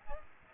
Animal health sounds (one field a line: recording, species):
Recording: mosquito wingbeat signal from an infrared sensor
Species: Aedes aegypti